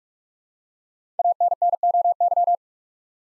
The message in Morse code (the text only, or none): ANNOY